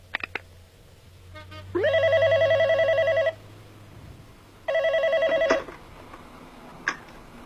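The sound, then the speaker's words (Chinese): A telephone rings in two long electronic bursts with a pause between, a steady warbling tone with bright harmonics, over a low background hum and a few faint clicks, in a wiretap recording of a call to the Port-au-Prince (Taizigang) Hotel. “五分钟以前，自称太子港行动指挥中心的电话又打进了酒店，这是监听录音，请听。”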